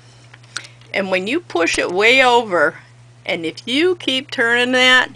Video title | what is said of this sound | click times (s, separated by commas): sewing lesson episode 12 lesson 5 sewing machine basics | you usually feel a little click. Did you hear that click? And then | 0.6 s